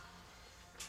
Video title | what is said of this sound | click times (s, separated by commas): This Mod Will SAVE your Stihl MS500i... | So I got this and let's pop the cover off. | 0.8 s